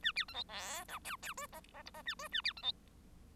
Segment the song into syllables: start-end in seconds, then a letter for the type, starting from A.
0.02-0.12 A, 0.15-0.25 B, 0.28-0.34 C, 0.34-0.43 D, 0.48-0.84 E, 0.88-0.99 F, 1.04-1.16 G, 1.22-1.33 G, 1.37-1.47 H, 1.52-1.60 I, 1.73-1.82 I, 1.85-1.91 J, 1.94-2.02 I, 2.05-2.15 A, 2.19-2.28 H, 2.32-2.41 A, 2.44-2.53 B, 2.56-2.62 C, 2.62-2.72 D